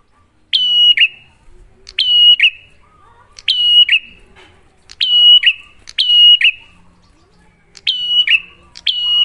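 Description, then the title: Bar-winged prinia song: brief silence, then loud high whistled phrases with clicky onsets and buzzy drops, repeated. Prenjak lure (pancingan) recording, a duet of Cililin versus Kapas Tembak birds, singing actively (gacor) with a clear voice, to make listeners' own prenjak sing better. "Masteran Duet Cililin Vs Kapas Tembak. Pancingan Prenjak Gacor Suara Jernih"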